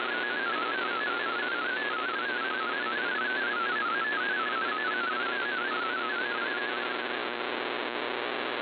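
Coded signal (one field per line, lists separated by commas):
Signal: multi-tone FSK (Olivia or MFSK type)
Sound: rapid warbling tone hopping between many close pitches, continuous, over shortwave hiss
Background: radio static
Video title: VOA Radiogram 20160213 1600 UTC 17580 kHz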